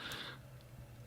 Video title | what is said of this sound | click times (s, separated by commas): On the Wrist, from off the Cuff: Omega – Seamaster Planet Ocean 42mm 232.30.42.21.01.001 Review | inside of the clasp so that I can close the clasp oh not seated correctly it's you can see here that finger is slightly up | none